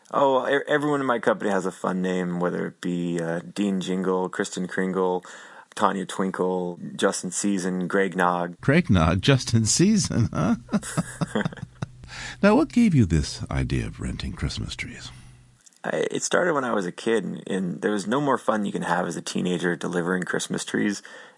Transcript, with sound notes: Oh, everyone at my company has a fun name whether it be Dean Jingle, Kristen Kringle, Tonya Twinkle, Justin Season, Greg Nog.
Greg Nog? Justin Season? [LAUGHS] Now, what gave you this idea of renting Christmas trees?
It started when I was a kid, and there was no more fun you can have as a teenager delivering Christmas trees.